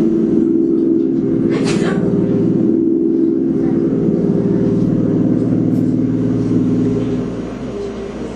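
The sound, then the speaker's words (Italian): Small American propeller airplanes, used on 3 May 1945 to drop leaflets over the front in Alto Adige, Italy, announcing the end of the war in Italy, drone overhead in a steady, throaty engine hum with a buzzing tonal rumble that holds constant before easing off slightly at the very end. “reparti tedeschi, ignari della resa o decisi comunque a resistere, gli americani il 3 maggio decidono di utilizzare dei piccoli aerei per lanciare sulla frontiera autoadrice dei manifestini che informano sulla firma della fine della guerra in Italia.”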